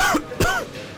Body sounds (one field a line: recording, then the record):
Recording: coughing mixed with background sound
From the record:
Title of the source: Coughing 51